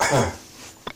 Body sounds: coughing mixed with background sound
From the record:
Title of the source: Spring Cold Coughing 2

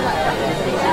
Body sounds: background sound without coughing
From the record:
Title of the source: Nightlife Party Simulating Party Club Noise 1 Hour

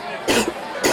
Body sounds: coughing mixed with background sound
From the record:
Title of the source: 61 morning phlegmy cough...again

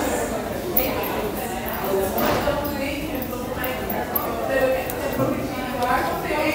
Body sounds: background sound without coughing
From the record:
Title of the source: 40 min - Ambience sounds UNIVERSITY lunchroom chatting

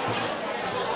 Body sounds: coughing mixed with background sound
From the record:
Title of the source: Cough Around the Clock!

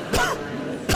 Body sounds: coughing mixed with background sound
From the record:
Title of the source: Coughing 51

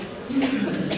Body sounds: coughing mixed with background sound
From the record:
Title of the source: 55 gaggy wet cough

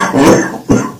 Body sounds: coughing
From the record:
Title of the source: Spring Cold Coughing 3

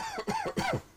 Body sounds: coughing mixed with background sound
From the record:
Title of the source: Dry Coughing Fit in the Afternoon.

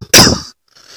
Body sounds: coughing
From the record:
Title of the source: November cold (wet coughing)

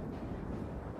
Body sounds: background sound without coughing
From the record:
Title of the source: Train Ride Ambience ambient white noise for sleeping, focus, studying, reading

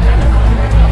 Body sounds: background sound without coughing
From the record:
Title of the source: Party Noise 1 Hour Party Ambience

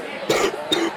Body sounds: coughing mixed with background sound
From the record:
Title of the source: 60 coughing still (deep and wet cough)

